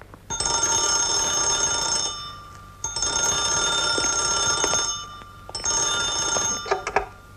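An old telephone bell rings in three long bursts with short pauses between them, a loud, steady metallic jangle with bright high overtones and no voices.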